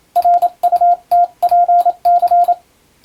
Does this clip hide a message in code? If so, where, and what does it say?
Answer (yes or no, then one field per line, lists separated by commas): yes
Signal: Morse code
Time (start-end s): 0.2-2.5 s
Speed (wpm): 27 wpm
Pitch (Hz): 700 Hz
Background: radio noise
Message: RUTPC